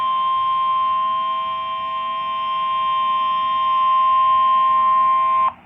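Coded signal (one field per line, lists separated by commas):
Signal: Emergency Alert System (SAME) tones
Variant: 1050 Hz attention tone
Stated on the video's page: Real alerts captured on a phone.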